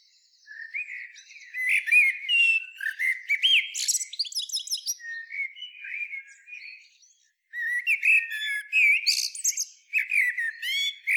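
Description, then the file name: Common blackbird song: fluty, warbling phrases with sharp high squeaks and chatter, a softer stretch, a brief silence, then another loud, varied phrase. "Turdus merula"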